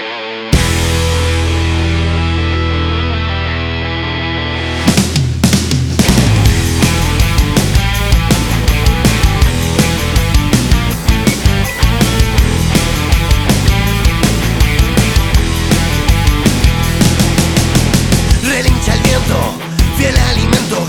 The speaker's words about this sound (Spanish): queríamos darte a conocer otra, de este gran disco que se llama …, …, sonando en el rock al poder